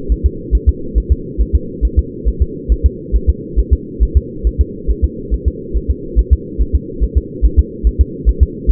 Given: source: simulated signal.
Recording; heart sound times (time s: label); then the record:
fetal heart sounds
0.12 s: S1
0.26 s: S2
0.55 s: S1
0.69 s: S2
0.98 s: S1
1.12 s: S2
1.41 s: S1
1.55 s: S2
1.85 s: S1
1.99 s: S2
2.28 s: S1
2.42 s: S2
2.72 s: S1
2.86 s: S2
3.16 s: S1
3.30 s: S2
3.59 s: S1
3.73 s: S2
4.03 s: S1
4.17 s: S2
4.47 s: S1
4.61 s: S2
4.91 s: S1
5.04 s: S2
5.34 s: S1
5.48 s: S2
5.77 s: S1
5.91 s: S2
6.19 s: S1
6.33 s: S2
6.61 s: S1
6.75 s: S2
7.04 s: S1
7.17 s: S2
7.45 s: S1
7.59 s: S2
7.87 s: S1
8.01 s: S2
8.29 s: S1
8.43 s: S2
8.71 s: S1
From the record:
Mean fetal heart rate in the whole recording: 140 bpm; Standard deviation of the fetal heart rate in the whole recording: 2 bpm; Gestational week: 34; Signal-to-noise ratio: -4.3 dB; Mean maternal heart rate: 72 bpm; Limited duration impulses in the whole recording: absent